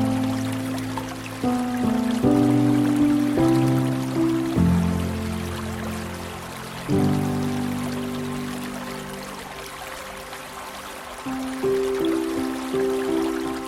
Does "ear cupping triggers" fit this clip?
no